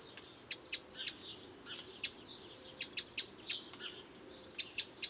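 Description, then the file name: Eurasian wren uttering scattered sharp, high tick notes, singly and in short groups, with quiet spaces between. "Troglodytes troglodytes"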